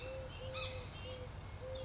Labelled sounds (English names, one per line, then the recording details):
Eurasian Collared Dove
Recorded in Sonoma County, California